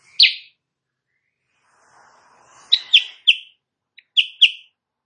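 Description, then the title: Sooty-headed bulbul song: a loud single chirp, a pause, then a short cluster of bright, clipped notes in quick succession. Morning singing of a Kutilang Sutra used as a tutor recording for training songbirds; described as singing constantly and prompting rival birds to answer. "Masteran Kutilang Sutra. Kutilang Sutra GACOR pagi hari bikin lawannya AUTO NYAUT"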